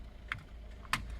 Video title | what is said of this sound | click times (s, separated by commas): Résoudre probleme airbag sur Mitsubishi L200 piece 8619A016 | Voilà, on déclipse | 0.3 s, 0.9 s